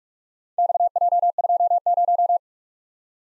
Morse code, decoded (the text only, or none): XJ20